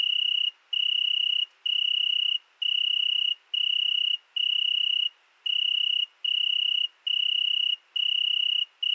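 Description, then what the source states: Italian tree cricket song: soft, pure trilled bursts, each under a second long, separated by brief silent gaps, about ten bursts in steady succession, with nothing else heard. Single cricket singing at night, 22:30 on 13 August 2020 at Fourcinet ValMaravel, settled two nights in Virginia creeper under a window; recorded with Nagra Seven and MKH40 cardioid microphone.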